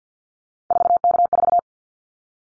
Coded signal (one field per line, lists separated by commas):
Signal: Morse code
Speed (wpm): 50 wpm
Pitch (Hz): 700 Hz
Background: none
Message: 4K4